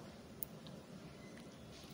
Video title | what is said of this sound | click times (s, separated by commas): Extension Power Board Making #Extensionboardmaking #eduquest #eduquestcourses #eduquestonlineclass | lock ஆயிடுச்சு. | 0.4 s